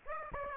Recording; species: mosquito wingbeat signal from an infrared sensor; Aedes aegypti